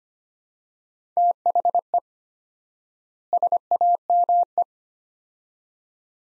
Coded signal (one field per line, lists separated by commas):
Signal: Morse code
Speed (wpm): 25 wpm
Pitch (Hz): 700 Hz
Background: none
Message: THE SAME